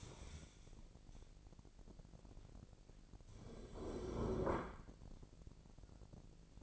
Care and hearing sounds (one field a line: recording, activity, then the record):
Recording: daily activity, microphone in the room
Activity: stand up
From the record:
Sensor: 5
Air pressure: 1001.9 hPa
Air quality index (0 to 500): 246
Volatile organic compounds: 30 ppm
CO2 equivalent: 2955 ppm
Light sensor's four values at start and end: 46/109/45/49 and 46/109/45/49